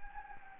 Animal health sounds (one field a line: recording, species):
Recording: mosquito wingbeat signal from an infrared sensor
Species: Anopheles gambiae